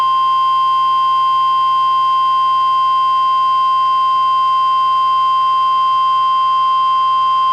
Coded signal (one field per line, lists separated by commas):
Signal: Emergency Alert System (SAME) tones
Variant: 1050 Hz attention tone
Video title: EAS #944: NWR Required Weekly Test- June 26, 2024- 11:21AM PDT